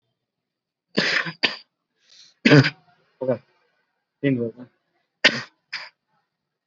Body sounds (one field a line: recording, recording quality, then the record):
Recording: heavy voluntary cough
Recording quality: moderate, slight background noise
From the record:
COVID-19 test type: RT-PCR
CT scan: not taken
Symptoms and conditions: none ticked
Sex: male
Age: 18 years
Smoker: no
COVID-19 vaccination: both doses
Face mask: worn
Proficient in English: yes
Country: India